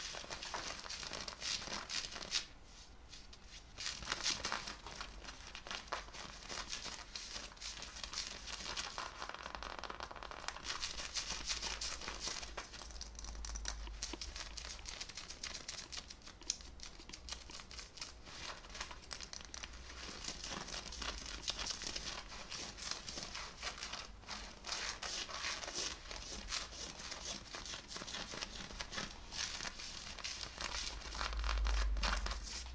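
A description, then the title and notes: Fabric is scratched and rubbed continuously, a dense, busy rustle of rough cloth against cloth and skin with crinkly, crackling detail. Brief lulls come near three and ten seconds. It sounds dry, with the scratching bright and hissy throughout. FABRIC SCRATCHING(Jeans shirt skin scratching, belt sounds).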